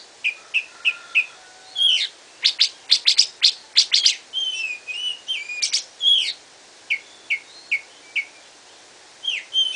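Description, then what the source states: Greater green leafbird song opening with evenly spaced short whistles, then dense sharp bursts and swooping whistled phrases, ending again with spaced short whistles. Full, vigorous song (gacor).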